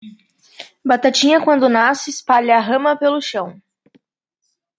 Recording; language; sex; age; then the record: short text; Brazilian Portuguese; female; 20 to 29 years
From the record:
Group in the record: control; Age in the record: 24 years